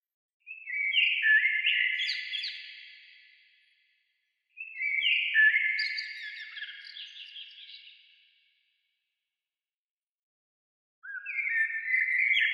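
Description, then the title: Bird song: warbled high phrases of three to four seconds, each fading at the end and separated by silences; two full phrases and the start of a third. "Oiseaux"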